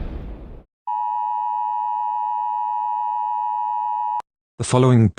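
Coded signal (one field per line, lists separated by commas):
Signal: Emergency Alert System (SAME) tones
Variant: 853 and 960 Hz attention tone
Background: speech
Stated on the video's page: Fictional EAS scenario of a terrorist attack on the United Kingdom, simulated with text-to-speech.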